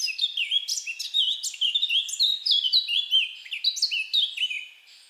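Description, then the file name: Eurasian blackcap song, an unbroken stream of rich, sweet warbling notes and quick slurred phrases that softens near the end. "Sylvia atricapilla"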